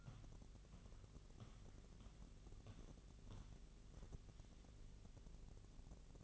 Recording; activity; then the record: daily activity, microphone in the room; walk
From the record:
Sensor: 4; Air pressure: 1013.0 hPa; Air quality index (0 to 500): 176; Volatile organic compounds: 2 ppm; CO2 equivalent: 1111 ppm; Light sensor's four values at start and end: 70/174/74/79 and 70/172/73/78